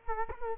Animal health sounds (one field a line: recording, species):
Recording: mosquito wingbeat signal from an infrared sensor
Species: Culex quinquefasciatus